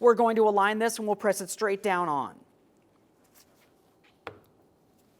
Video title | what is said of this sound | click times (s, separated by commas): How to Replace Brake Master Cylinder 2008-2017 Mitsubishi Lancer | You should hear an audible click from both ends. | 4.3 s